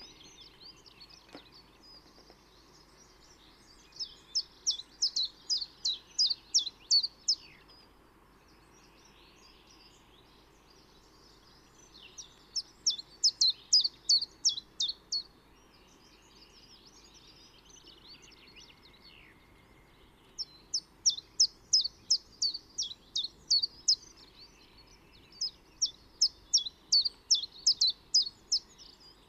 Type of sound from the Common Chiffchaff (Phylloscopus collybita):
song